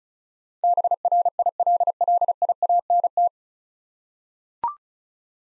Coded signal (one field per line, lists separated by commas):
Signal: Morse code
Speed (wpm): 34 wpm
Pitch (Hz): 700 Hz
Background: none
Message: BRILLIANT